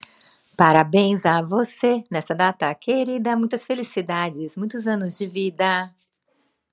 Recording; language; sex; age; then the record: short text; Brazilian Portuguese; female; 40 to 49 years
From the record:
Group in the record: control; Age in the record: 46 years